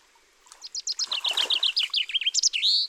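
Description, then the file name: Common chaffinch song: one complete phrase of rapid chipping notes tumbling down the scale and finishing with a rising, emphatic flourish. "Fringilla coelebs"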